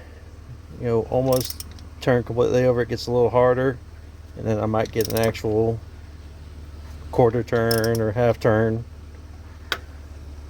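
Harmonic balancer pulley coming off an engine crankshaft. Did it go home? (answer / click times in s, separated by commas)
released / 9.7 s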